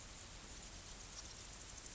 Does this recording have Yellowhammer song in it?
no